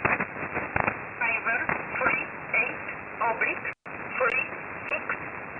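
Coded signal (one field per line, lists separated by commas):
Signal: numbers station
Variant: E11 Oblique, English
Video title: 07 06 2021 Number station E11 Oblique in English to Eu 0900 on 7449 unknown tx site in USB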